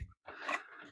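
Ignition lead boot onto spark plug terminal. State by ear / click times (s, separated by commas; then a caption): not seated / none. The rubber boot of an HT ignition lead is pushed down over the spark plug terminal on an XR3i engine. A short low thump opens the clip, followed by a brief silence. From about 0.3 s, a soft, broad scraping and sliding sound runs to the end as the boot moves down the plug. Nothing has seated or clicked yet.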